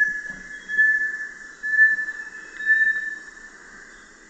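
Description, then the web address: Bartlett's tinamou, three pure whistled notes spaced roughly a second apart, each swelling then fading. Recorded in the eastern lowlands of South America. "Natures Songs S America Eastern Lowlands. Bartlett's Tinamou"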